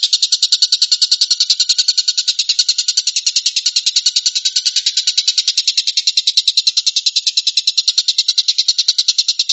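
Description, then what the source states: Stork-billed kingfisher giving a long, unbroken series of rapid, evenly spaced harsh pulses that stay steady throughout, with no other sounds heard. Rapid "tembakan" or "shooting" call style.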